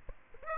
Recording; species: mosquito wingbeat signal from an infrared sensor; Aedes aegypti